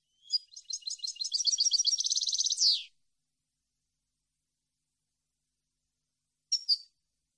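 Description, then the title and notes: European goldfinch song: a quick run of twittering notes that speeds into a rapid buzzy trill and ends with a downward slur, then a short burst of notes after a pause. Clean goldfinch song issued on a CD, intended for song training so birds can copy it. "Cd Jilguero. Cd de canto de jilguero limpio para copia"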